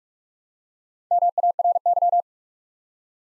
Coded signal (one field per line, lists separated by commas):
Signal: Morse code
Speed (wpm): 46 wpm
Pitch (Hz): 700 Hz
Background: none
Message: MARY